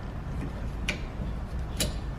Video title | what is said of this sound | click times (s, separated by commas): 2007-2013 Honda Fit - Front & Back Wiper Blades Replacement | Just push it in until it clicks, and then you want to remove | 0.9 s, 1.8 s